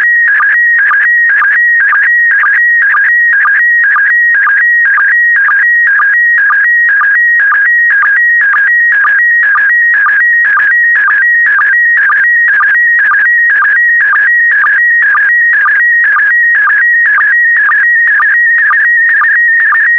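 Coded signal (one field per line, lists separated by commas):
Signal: SSTV (slow-scan television)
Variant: PD120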